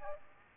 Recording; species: mosquito wingbeat signal from an infrared sensor; Aedes aegypti